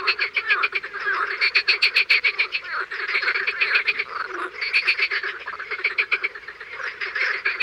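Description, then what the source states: Frogs and toads: dense frog chorus of fast rattling croaks, bursts of calls rising and falling in loudness across the whole stretch. Frogs and toads calling in the morning.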